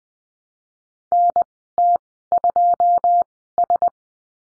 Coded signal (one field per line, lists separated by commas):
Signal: Morse code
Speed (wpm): 19 wpm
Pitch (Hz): 700 Hz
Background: none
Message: NT2S